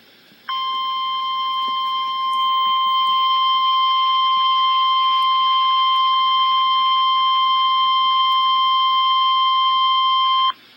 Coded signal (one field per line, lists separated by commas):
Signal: Emergency Alert System (SAME) tones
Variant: 1050 Hz attention tone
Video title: REAL EAS 922-TOR